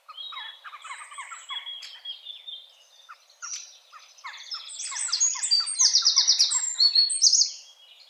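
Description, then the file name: Eurasian wren song, several seconds of softer chirping, then bursting into loud, rapid trilling in the second half. "Troglodytes troglodytes"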